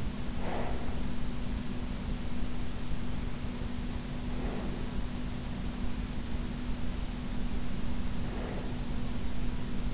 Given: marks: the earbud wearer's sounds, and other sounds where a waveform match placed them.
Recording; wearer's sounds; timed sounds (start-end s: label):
sounds in sleep by an in-ear microphone; breath
0.00-1.13 s: breath
3.78-5.20 s: breath
7.73-9.21 s: breath